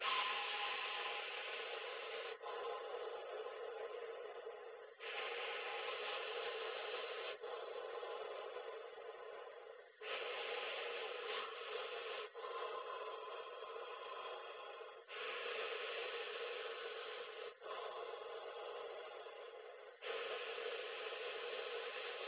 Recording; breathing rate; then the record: paced breathing near a phone; 12 breaths a minute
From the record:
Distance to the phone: 20 cm